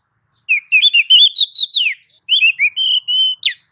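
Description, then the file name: Oriental magpie-robin gives a quick run of varied chirps and whistles, rising and falling, ending in steadier held whistles and a sharp final note. Female oriental magpie-robin (kacer) calling to a male. "Kacer betina memanggil jantan"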